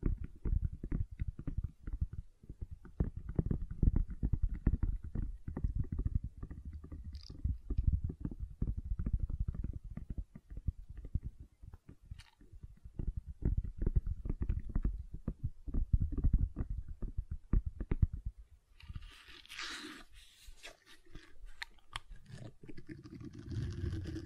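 Gentle silicone sounds: soft, squishy, rapid taps and presses with a low, rumbling body, dense and irregular for most of the first eighteen seconds. Near the end the squishing gives way to a brighter, hissing rustle with scattered crisp clicks.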